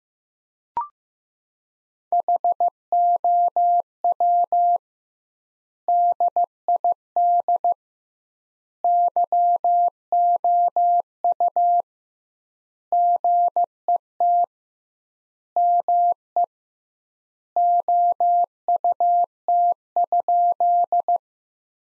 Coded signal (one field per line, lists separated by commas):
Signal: Morse code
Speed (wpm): 15 wpm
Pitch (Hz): 700 Hz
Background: none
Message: HOW DID YOU GET ME OUT?